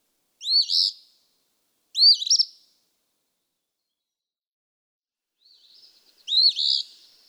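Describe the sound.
Eastern phoebe singing three harsh, burry phrases, each a short stuttering rise and fall; two come about 1.5 seconds apart, then a long pause before the third.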